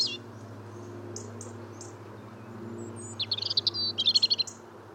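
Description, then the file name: European robin singing a brief, fast twittering phrase near the end, preceded by a few thin high chirps, over a steady low hum. "Erithacus rubecula"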